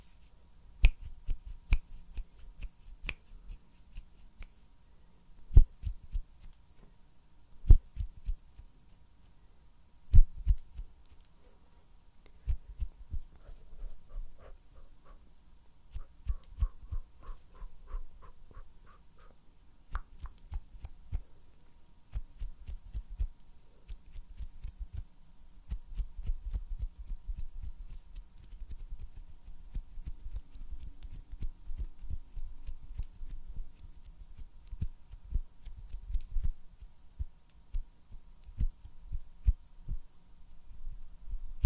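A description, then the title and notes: Hand sounds and snapping: sharp, dry clicks land irregularly throughout, some isolated and some in quick clusters, with softer rubbing and tapping between them. From about 25 seconds on the activity grows denser and busier. A faint steady hum sits underneath. ASMR HAND SOUNDS AND SNAPPING - NO TALKING.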